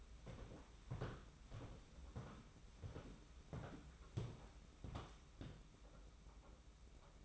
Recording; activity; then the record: daily activity, microphone in the room; walk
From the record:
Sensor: 1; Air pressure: 991.6 hPa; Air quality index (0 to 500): 169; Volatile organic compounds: 1000 ppm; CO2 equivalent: 6371 ppm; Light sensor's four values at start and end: 30/101/39/40 and 31/104/40/41